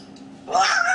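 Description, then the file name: Grey parrot producing one rough, honking vocal burst that rises and holds briefly. Grey parrot named Grig, talking. "a vot eto razgovarivaet odna pernataya skotina po imeni grig"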